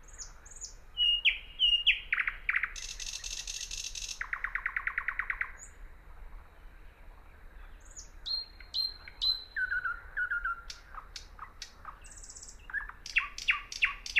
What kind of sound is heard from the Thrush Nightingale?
song